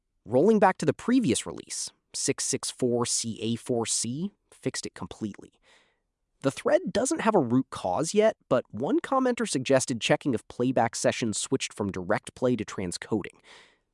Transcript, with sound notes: Rolling back to the previous release, 664ca4c, fixed it completely. [thoughtful] The thread doesn’t have a root cause yet, but one commenter suggested checking if playback sessions switched from Direct Play to transcoding.